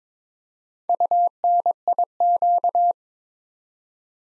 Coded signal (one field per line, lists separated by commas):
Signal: Morse code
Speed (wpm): 22 wpm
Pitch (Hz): 700 Hz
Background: none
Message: UNIQ